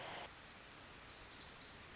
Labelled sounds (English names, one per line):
Pacific Wren